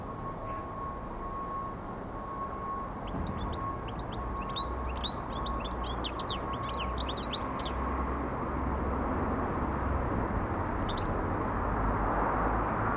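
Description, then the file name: European goldfinch song, a rapid twittering of high, liquid notes and short trills in the middle, over a steady low rumble of background noise. "Carduelis carduelis"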